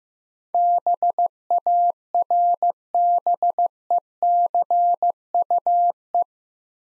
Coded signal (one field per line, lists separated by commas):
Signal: Morse code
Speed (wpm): 16 wpm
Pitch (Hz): 700 Hz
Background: none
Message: BARBECUE